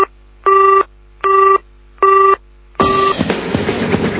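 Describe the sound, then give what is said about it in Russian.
A phone line gives three evenly spaced busy-signal beeps as a call is returned, steady mid-pitched tones with short gaps, then cuts into a loud burst of crackling static. No one answers and no voices are heard. “Чертыхаясь, я перезвонила, но не получила ответа.”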